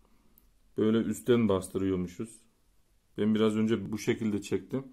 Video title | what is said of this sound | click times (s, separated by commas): Aliexpress Tablet Bataryası aldım.( Acer iconia A830 Batarya Değişimi ) | Şöyle üstüne bastırdığınız zaman tık diye takıldı. | 0.4 s